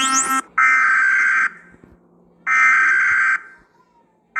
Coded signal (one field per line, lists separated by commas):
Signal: Emergency Alert System (SAME) tones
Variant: header bursts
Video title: reating eas alarms argentina states and south korea north korea eas alarm 2053